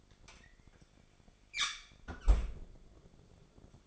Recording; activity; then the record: daily activity, microphone in the room; close fridge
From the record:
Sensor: 5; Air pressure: 1004.7 hPa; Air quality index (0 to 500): 158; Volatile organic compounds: 3 ppm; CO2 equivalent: 1492 ppm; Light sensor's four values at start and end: 23/52/21/20 and 21/48/19/17